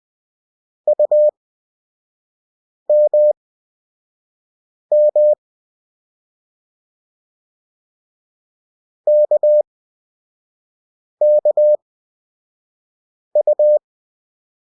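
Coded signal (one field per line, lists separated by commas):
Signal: Morse code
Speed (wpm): 20 wpm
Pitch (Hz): 600 Hz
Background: none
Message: UMM KKU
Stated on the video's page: Beginner Morse practice of the characters K, M and U with Farnsworth timing, 5 WPM effective speed at 20 WPM character speed.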